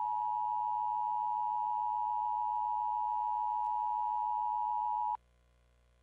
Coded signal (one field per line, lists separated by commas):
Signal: Emergency Alert System (SAME) tones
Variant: 853 and 960 Hz attention tone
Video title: EAS Required Weekly Test – KATU-TV 2, Portland, OR (2011?)